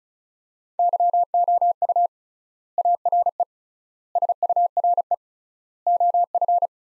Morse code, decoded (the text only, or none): YOU ARE SURE OF